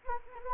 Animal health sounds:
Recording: mosquito wingbeat signal from an infrared sensor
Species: Anopheles arabiensis

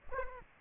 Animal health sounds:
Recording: mosquito wingbeat signal from an infrared sensor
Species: Aedes aegypti

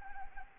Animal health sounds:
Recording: mosquito wingbeat signal from an infrared sensor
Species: Anopheles gambiae

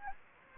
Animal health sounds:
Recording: mosquito wingbeat signal from an infrared sensor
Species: Anopheles gambiae

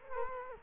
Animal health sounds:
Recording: mosquito wingbeat signal from an infrared sensor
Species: Culex quinquefasciatus

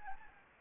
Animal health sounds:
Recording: mosquito wingbeat signal from an infrared sensor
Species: Anopheles gambiae

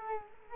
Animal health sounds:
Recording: mosquito wingbeat signal from an infrared sensor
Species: Culex quinquefasciatus

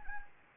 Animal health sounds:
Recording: mosquito wingbeat signal from an infrared sensor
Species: Anopheles arabiensis

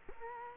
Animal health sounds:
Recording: mosquito wingbeat signal from an infrared sensor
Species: Culex quinquefasciatus

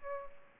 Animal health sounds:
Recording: mosquito wingbeat signal from an infrared sensor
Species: Aedes albopictus

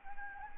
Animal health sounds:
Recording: mosquito wingbeat signal from an infrared sensor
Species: Anopheles arabiensis

